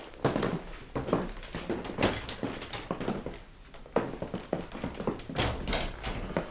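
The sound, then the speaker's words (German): A door being opened, with a run of sharp knocks, clunks and rattling handle noises spread unevenly across several seconds, fairly loud and with no voices over it. “Hier, diese Tür.”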